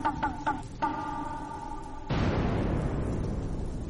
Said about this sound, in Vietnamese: Đang miên man suy nghĩ thì đùng lên một tiếng, rồi hai tiếng, ba tiếng sấm gầm vang lên.